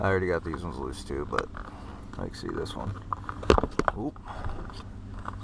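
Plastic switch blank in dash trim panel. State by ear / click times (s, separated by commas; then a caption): released / 5.3 s. A plastic switch blank is pried out of the dash trim panel of a 2007 Nissan Titan, unclipping from its top and bottom clips. Someone talks while small plastic ticks and rattles are heard. A sharp clip-release pop at 5.3 s marks the blank coming free of the panel.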